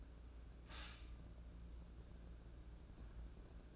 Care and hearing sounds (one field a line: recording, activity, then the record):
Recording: daily activity, microphone in the room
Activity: stop toaster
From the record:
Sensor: 2